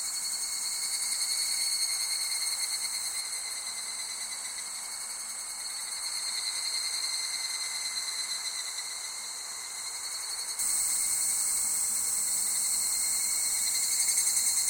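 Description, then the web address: Insects in a shrill continuous chorus whose highest layers weaken, then abruptly return louder near the end. Summer insect ambience recorded in Japan. "Sound Effects-Foundation 1 AMBIENCE JAPANESE SUMMER INSECTS"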